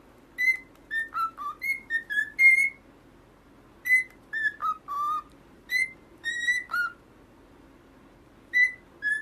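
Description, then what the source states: Cockatiel whistles in small groups with pauses between them; the notes are clear and some slide downward, over a faint low hum. Several cockatiels, singing in whistles.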